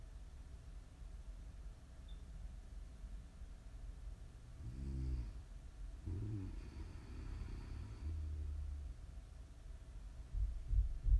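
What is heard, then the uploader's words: Snoring over a steady low rumble that runs throughout. Two short rasping snores come around five and six seconds in, followed by a longer low drone near eight seconds. A few soft thumps close the clip at the end. ASMR snoring.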